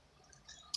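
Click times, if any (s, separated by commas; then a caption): 0.8 s. A section of a cheap phone or camera tripod is slid down into the tripod body with a faint, low sliding rustle. It ends in a sharp, short click at 0.8 seconds as it snaps into place and locks.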